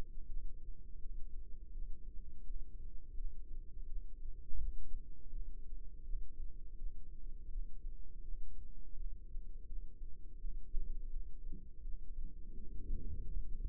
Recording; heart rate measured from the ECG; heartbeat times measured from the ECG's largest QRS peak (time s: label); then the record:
heart sounds by microphone in the left ear; 83 bpm
0.26 s: heartbeat
0.99 s: heartbeat
1.72 s: heartbeat
2.43 s: heartbeat
3.15 s: heartbeat
3.86 s: heartbeat
4.58 s: heartbeat
5.30 s: heartbeat
6.03 s: heartbeat
6.76 s: heartbeat
7.49 s: heartbeat
8.22 s: heartbeat
8.94 s: heartbeat
9.66 s: heartbeat
10.38 s: heartbeat
11.10 s: heartbeat
11.82 s: heartbeat
12.54 s: heartbeat
13.27 s: heartbeat
From the record:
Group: healthy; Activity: breath hold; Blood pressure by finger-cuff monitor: 125/77 mmHg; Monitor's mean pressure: 100 mmHg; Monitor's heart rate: 82 bpm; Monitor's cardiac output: 6.5 L/min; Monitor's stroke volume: 79 mL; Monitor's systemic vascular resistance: 1140 dyn s/cm5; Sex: female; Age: 51 years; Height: 162 cm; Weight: 70.04 kg